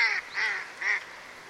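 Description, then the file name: Mallard giving three loud, nasal quacks in quick succession. "magamo"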